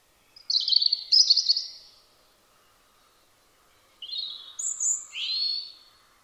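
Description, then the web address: European robin singing two short, tinkling phrases, a pause of about two seconds, then a fresh burst of varied high notes, some sliding downward. "Deverinetal 2025 File origin Bird Only Er Ru"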